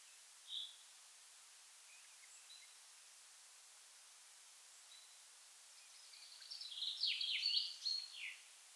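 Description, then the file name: Common chaffinch song, fairly quiet, with a short burst of rapid descending notes near the end after a single chirp early on. "Fringilla coelebs"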